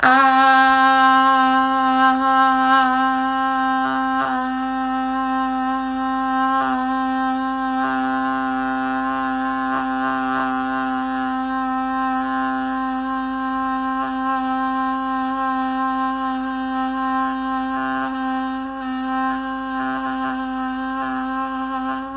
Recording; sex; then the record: sustained vowel /a/; female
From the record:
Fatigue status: no fatigue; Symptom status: symptomatic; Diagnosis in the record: COVID-19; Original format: m4a